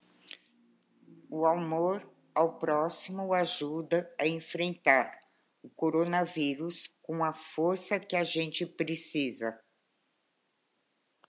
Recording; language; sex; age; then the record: spoken sentence; Brazilian Portuguese; female; 60 to 69 years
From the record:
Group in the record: control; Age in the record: 63 years